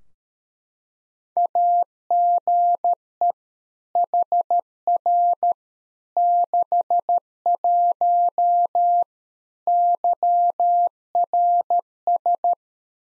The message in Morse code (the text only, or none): AGE HR 61 YRS